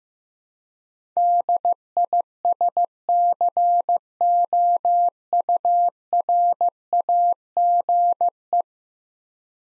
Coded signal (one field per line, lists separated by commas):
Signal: Morse code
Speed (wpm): 15 wpm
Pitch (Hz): 700 Hz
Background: none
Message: DISCOURAGE